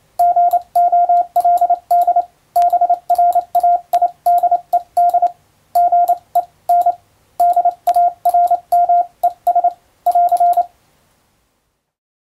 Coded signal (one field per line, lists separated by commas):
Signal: Morse code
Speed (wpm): 28 wpm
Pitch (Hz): 700 Hz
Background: radio noise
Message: GOLD BRAIDED GENDARMES <AR>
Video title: モールス符号を送る無線通信士という仕事がありました。国家試験でモールスの実技試験を受けて免許を取得します。今では昭和遺産でしょうか。当時はアマチュア無線も大流行しましたね。思い出して聴いてみましょう